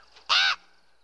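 Raven call: one short, rasping caw.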